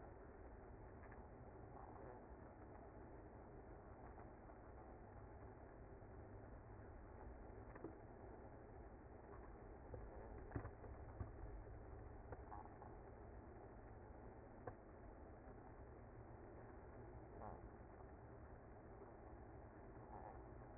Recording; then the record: honeybee colony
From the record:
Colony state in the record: active